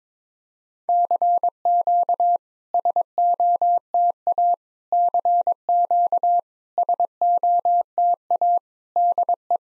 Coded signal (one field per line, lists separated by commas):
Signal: Morse code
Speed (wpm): 22 wpm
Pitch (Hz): 700 Hz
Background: none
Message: CQ SOTA CQ SOTA DE